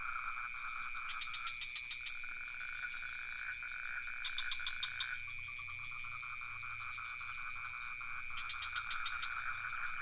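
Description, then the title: Cricket chorus drones on at several high pitches while frogs break in with three quick clusters of clicking pulses, plus a low hum midway. Crickets with some frogs, recorded near the pond in Ubud, Sony PCM D50 with Rode NT4 microphone. "Crickets and frogs in Ubud"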